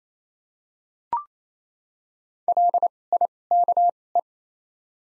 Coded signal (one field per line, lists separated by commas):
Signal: Morse code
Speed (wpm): 28 wpm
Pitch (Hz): 700 Hz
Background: none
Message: L I K E